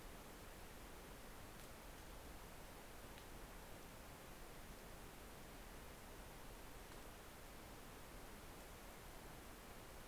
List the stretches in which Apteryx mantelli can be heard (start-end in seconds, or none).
none